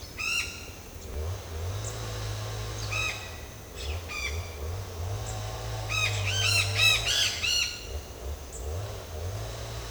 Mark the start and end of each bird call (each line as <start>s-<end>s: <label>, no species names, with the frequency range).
0.13s-0.49s: bird call (1.0-8.4 kHz)
2.83s-3.16s: bird call (1.0-7.9 kHz)
4.10s-4.31s: bird call (0.8-8.4 kHz)
5.88s-7.75s: bird call (0.7-9.0 kHz)